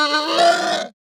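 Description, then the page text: Pig giving one short, strained, harmonic squeal lasting under a second, swelling slightly in the middle before ending abruptly into silence. Hampshire breed; short, aggressive squeal. "Hampshire Pig Squeal Short Aggressive. Quick Sounds"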